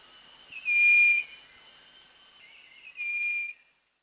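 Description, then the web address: Striped wren-babbler whistles twice, a louder steady pure note followed by a softer one about two seconds later. Recorded at Danum, Borneo, on 1 March 2008. "DANUM 20080301 striped wren-babbler"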